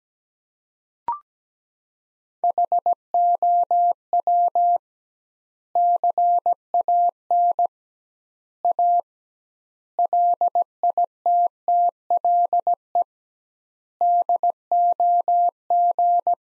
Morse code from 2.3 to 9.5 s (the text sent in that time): HOW CAN A